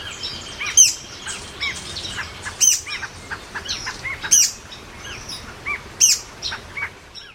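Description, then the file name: Buff-browed foliage-gleaner with a series of harsh, clipped high notes spaced a second or more apart, with softer chirps between them. "canto do trepador quiete"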